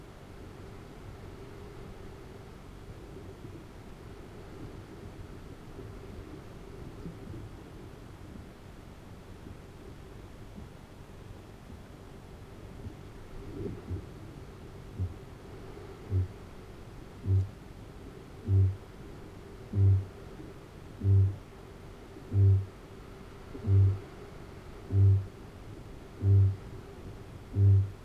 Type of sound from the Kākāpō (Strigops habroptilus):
boom